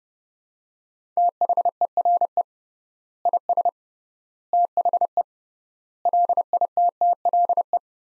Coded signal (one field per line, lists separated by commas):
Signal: Morse code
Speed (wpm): 30 wpm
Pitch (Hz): 700 Hz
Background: none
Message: THERE IS THE LITTLE